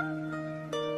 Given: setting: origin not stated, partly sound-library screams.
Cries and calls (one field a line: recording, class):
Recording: one-second piece from a danger detection set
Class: normal situation